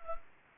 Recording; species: mosquito wingbeat signal from an infrared sensor; Anopheles gambiae